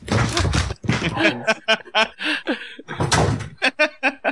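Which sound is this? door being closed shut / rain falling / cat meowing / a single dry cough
door being closed shut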